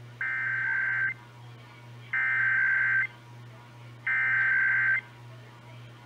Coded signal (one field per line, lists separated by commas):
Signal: Emergency Alert System (SAME) tones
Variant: header bursts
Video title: (EAS #153-157) April 2022 Texas Required Monthly Test (WBAP-AM, KSKY-AM, KSCS-FM, KERA-FM, WFAA-TV)